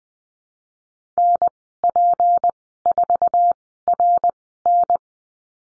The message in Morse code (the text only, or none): NP4RN